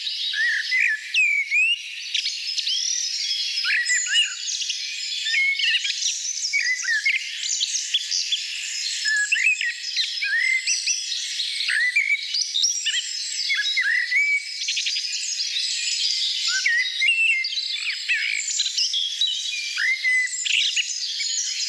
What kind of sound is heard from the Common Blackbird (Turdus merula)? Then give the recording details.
song. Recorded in the wild. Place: Lilienhof / Kaiserstuhl, Baden-Württemberg, DE. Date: 1989-04-16. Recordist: Schwarz, Dieter